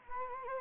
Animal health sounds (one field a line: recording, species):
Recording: mosquito wingbeat signal from an infrared sensor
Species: Anopheles gambiae